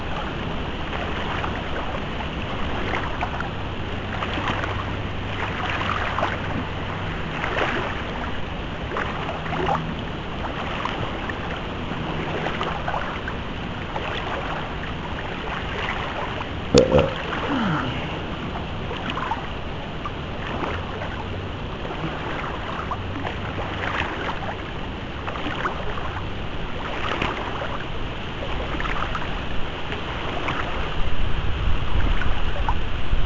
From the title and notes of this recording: Wildswimming in France. In this episode I take a swim along a section of the Charente river near Chatain in the Poitou-Charente region of France. I start upstream at the bridge and go down as far as the weir, then back.